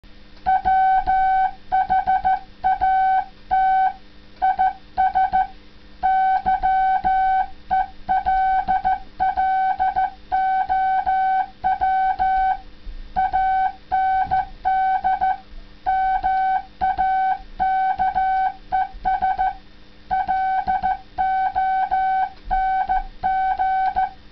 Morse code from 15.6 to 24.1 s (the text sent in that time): MAKES LONG